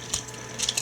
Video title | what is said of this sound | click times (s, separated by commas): Transformers Movie Voyager class Thundercracker | right there, push it in until it clicks, | 0.1 s